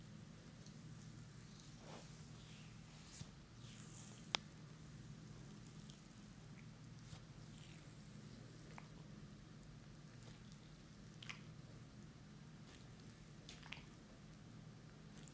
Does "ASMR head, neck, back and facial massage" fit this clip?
yes